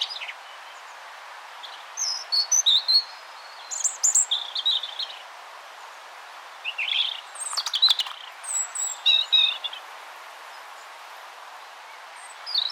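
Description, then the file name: European robin song in several separate high, sweet phrases of twitters and trills, parted by pauses; a few clicks near the middle. "Erithacus rubecula"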